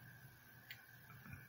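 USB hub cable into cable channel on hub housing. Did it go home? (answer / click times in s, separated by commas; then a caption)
no / none. The attached cable of a TP-Link USB 3.0 hub is being handled and folded back toward the recess along the side of the plastic hub body. A steady low hum and faint high tone run throughout, with one brief sharp tick at about 0.7 s and softer taps near the end. Nothing has seated or clicked into place yet.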